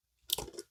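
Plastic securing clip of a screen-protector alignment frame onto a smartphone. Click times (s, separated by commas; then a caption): 0.3 s. The second plastic securing clip of a Smart Devil screen protector kit's alignment frame is forcibly rolled onto a Google Pixel 9 Pro until it snaps over the phone's edge, so the frame stays secured while the protector is pulled. A sharp click at 0.3 s is followed by softer crunchy clicking and a smaller tick near 0.6 s. The clip is seated on the phone.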